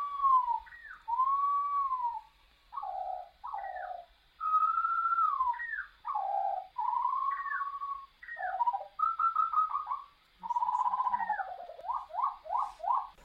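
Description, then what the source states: Skylark song played slowed down, fluid whistled notes slurring up and down in short phrases, ending in a run of quick repeated rising notes. Skylark rising to meet the sun; recording slowed down four times.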